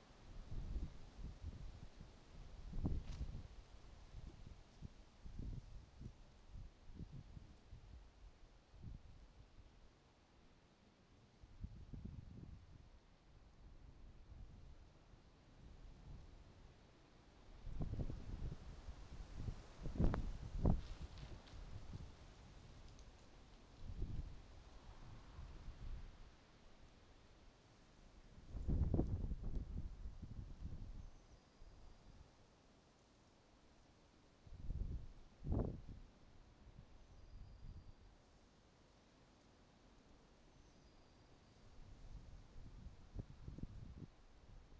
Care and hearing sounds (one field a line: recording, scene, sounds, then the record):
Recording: everyday scene through a hearing-aid microphone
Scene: wind on the microphone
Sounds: wind, traffic, birds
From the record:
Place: suburban garden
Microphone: in the ear canal, right